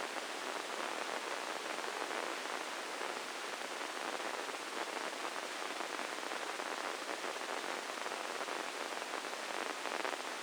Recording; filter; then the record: brain microelectrode recording played as sound; spike band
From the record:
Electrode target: subthalamic nucleus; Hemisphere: left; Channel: 1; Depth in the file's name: 4.826 mm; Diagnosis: Parkinson's disease